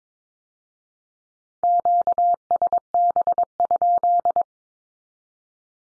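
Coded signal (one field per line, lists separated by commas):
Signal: Morse code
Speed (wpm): 22 wpm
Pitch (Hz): 700 Hz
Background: none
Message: QSB?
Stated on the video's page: Morse Q-codes sent at 22 wpm as statement or question, then repeated after spoken meaning; code-learning drill.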